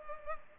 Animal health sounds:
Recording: mosquito wingbeat signal from an infrared sensor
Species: Culex pipiens

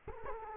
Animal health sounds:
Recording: mosquito wingbeat signal from an infrared sensor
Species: Culex quinquefasciatus

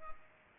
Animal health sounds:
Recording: mosquito wingbeat signal from an infrared sensor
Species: Culex pipiens

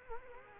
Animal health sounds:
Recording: mosquito wingbeat signal from an infrared sensor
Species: Culex quinquefasciatus

